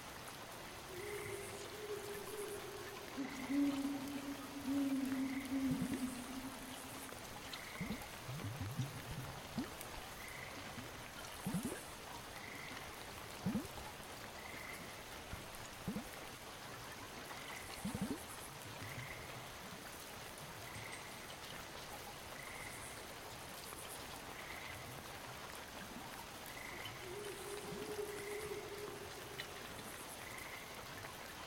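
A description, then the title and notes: Night sounds from woods and water: steady rain-like patter, a regular chirping insect or frog pulse, and occasional low droning calls near the start and end. Night Sounds from the woods and water and other weird animals.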